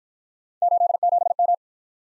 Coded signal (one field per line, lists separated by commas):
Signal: Morse code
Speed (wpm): 52 wpm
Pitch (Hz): 700 Hz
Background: none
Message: 87M